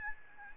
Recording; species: mosquito wingbeat signal from an infrared sensor; Aedes albopictus